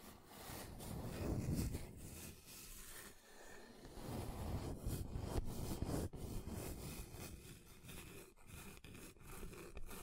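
Rough scratching and scraping across a table surface, dense and continuous, with a low rumble that swells and fades and brief dips between strokes.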